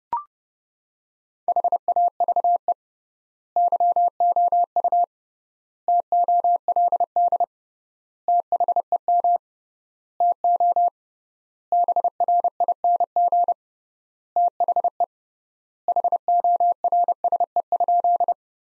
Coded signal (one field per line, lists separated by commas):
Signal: Morse code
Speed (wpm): 31 wpm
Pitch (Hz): 700 Hz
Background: none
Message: HAVE YOU TOLD THEM TO BRING THE HORSE?